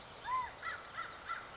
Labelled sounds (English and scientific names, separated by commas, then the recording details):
California Quail (Callipepla californica)
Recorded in Sonoma County, California